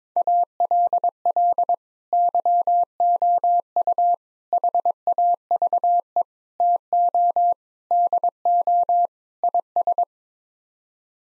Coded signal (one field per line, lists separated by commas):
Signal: Morse code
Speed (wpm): 22 wpm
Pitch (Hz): 700 Hz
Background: none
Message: ALL YOU HAVE TO DO IS